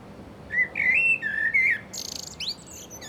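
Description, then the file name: Common blackbird singing a brief run of smooth warbled whistles that breaks into a thin, buzzy, very high twitter at the end. "Turdus merula"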